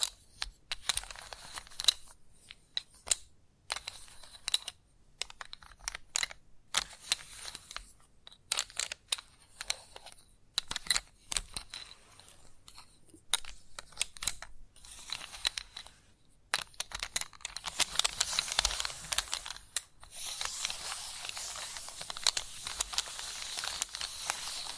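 Chalk taps and scratches in bursts of short, bright clicks and rasps, with a denser, continuous scraping passage near the end.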